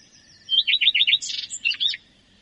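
Common redstart song: an introductory whistle, a quick string of repeated notes, then a short scratchy, tumbling ending.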